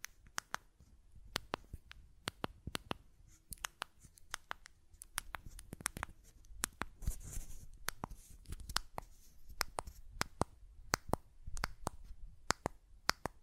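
Buttons click and tap in irregular bursts, sharp dry snaps coming every fraction of a second, sometimes in quick pairs or clusters. A soft low rumble and faint handling noise sit underneath, with a brief hissy swell around the seven-second mark.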